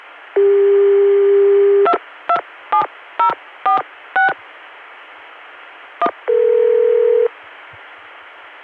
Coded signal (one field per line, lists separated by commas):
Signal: DTMF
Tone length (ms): 100 ms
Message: 227046 1